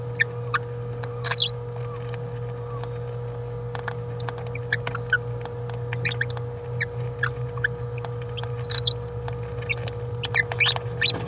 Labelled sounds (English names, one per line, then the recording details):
Green-rumped Parrotlet babbling
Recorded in a nest box in Venezuela
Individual 18B17A3